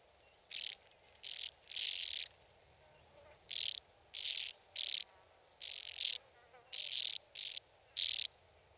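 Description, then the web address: Band-winged grasshopper stridulation: harsh, hissing rasps, each a fraction of a second long, repeated irregularly about a dozen times. Recorded at Sissonne. "Sissonne. Oedipode"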